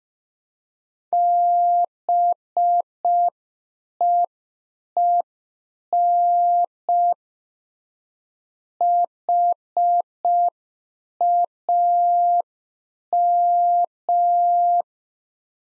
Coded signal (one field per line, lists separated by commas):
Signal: Morse code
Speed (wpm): 5 wpm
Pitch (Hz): 700 Hz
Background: none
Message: BEEN HAM